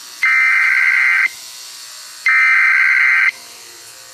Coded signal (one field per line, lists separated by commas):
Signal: Emergency Alert System (SAME) tones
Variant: header bursts